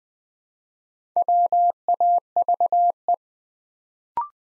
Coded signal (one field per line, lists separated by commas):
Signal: Morse code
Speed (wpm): 20 wpm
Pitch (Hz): 700 Hz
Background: none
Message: WAVE